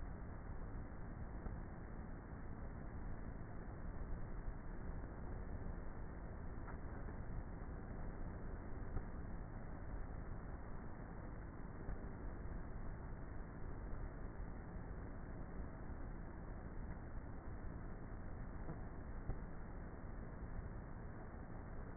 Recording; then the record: honeybee colony, microphone inside the hive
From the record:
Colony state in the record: queenless with a low population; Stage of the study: before two queens were removed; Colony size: about 30,000 bees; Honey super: no